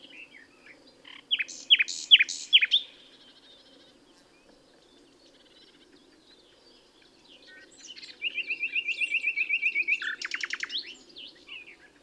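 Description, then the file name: Common nightingale song: a burst of sharp notes, a pause, then a fast series of rapidly repeated identical notes. "Luscinia megarhynchos"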